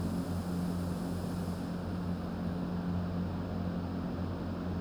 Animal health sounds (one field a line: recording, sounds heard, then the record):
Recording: poultry house recording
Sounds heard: no chicken sound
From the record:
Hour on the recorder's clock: 1